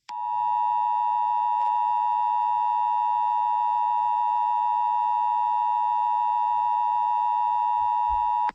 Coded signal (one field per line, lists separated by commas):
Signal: Emergency Alert System (SAME) tones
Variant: 853 and 960 Hz attention tone